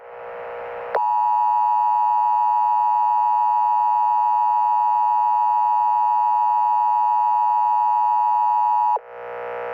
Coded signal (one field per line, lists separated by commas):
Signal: Emergency Alert System (SAME) tones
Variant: 853 and 960 Hz attention tone